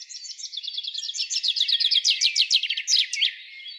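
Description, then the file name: Common chaffinch song: a lively run of rapid chipping notes finishing with a brisk terminal flourish. "Fringilla coelebs"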